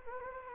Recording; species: mosquito wingbeat signal from an infrared sensor; Anopheles gambiae